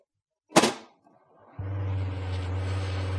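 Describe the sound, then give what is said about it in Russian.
A foam fire extinguisher, bought at a flea market, sputters with a short sharp burst, then after a brief pause settles into a steady, loud hiss with a low droning hum beneath it, producing no foam, lasting to the end. “Не вижу пены. Одно шипение.”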